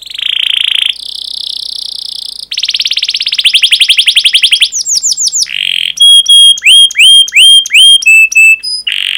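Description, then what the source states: Canary song, a rapid varied medley of buzzy trills, fast rolling tours of sweeping whistled notes and sharp repeated phrases, high-pitched and nearly continuous. Long canary song recording used as a lure or training recording for teaching other canaries.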